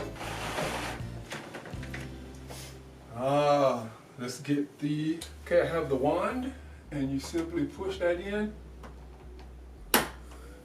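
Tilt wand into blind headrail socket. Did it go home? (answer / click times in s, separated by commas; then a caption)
yes / 9.9 s. Someone talks over background music while pushing a plastic tilt wand into its socket on a cordless blind's headrail. A single sharp, loud click is heard at 9.9 seconds as the wand seats in place.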